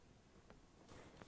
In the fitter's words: Little click click.